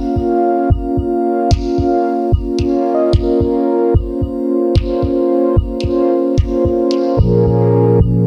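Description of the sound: Pulsatile tinnitus: a rhythmic whooshing pulse, about 74 beats per minute, heard over a steady harmonic hum, in an adult who cannot hear out of the left ear.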